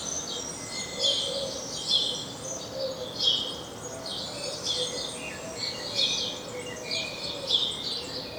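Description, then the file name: House sparrow chirping, bright bursts of chirps repeating roughly every second over steady background noise, with a faint low droning tone underneath. "Passer domesticus"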